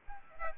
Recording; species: mosquito wingbeat signal from an infrared sensor; Aedes aegypti